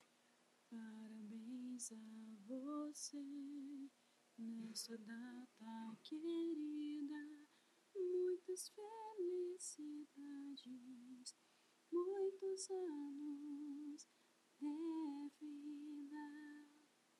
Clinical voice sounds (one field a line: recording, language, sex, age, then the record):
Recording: short text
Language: Brazilian Portuguese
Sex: female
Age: 30 to 39 years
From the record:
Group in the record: control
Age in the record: 38 years